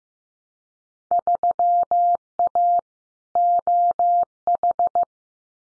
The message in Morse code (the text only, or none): 3A OH